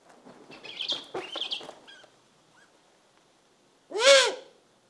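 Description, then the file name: Eurasian eagle-owl giving one harsh, arched rasping call near the end, after a stretch of scattered squeaky, chattering sounds and a short silence. Recorded close. "Digiffects Sound Effects Library - Close Eagle Owl"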